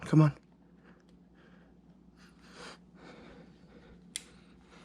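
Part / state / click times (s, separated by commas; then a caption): unnamed part being fitted on a motorcycle / seated / 4.2 s. During a CR500 motorcycle rebuild, an unnamed part is worked into place while someone talks. A single sharp, short click at 4.2 s marks the part seating.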